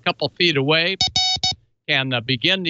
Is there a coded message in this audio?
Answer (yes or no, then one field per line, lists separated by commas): no